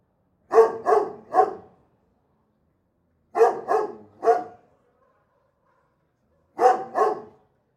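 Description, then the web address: Dog giving gruff barks in short groups of two or three, with gaps of about two seconds between groups. Large dog barking in a backyard. "chien tj grand aboie cour arriere"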